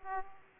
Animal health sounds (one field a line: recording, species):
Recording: mosquito wingbeat signal from an infrared sensor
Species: Aedes aegypti